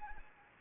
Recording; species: mosquito wingbeat signal from an infrared sensor; Anopheles arabiensis